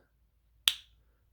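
The plastic back cover of a Subaru car key fob shell is pried along its edge until it snaps free with one sharp, bright click at 0.7 s, which rings briefly in the upper frequencies and then fades within about a quarter second. The back cover of the fob is released.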